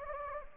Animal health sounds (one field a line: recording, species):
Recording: mosquito wingbeat signal from an infrared sensor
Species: Anopheles gambiae